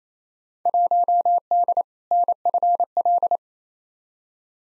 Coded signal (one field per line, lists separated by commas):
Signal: Morse code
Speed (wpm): 28 wpm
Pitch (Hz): 700 Hz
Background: none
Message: 1D NFL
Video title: Field Day Exchange v2 - 28wpm